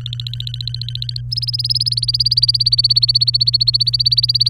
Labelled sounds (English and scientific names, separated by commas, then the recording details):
Domestic Canary (Serinus canaria) song
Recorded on 23 April 2018 at 17:49
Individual llb3